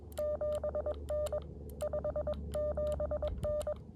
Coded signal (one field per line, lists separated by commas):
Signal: Morse code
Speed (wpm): 21 wpm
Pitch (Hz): 600 Hz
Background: none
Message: 7N 57N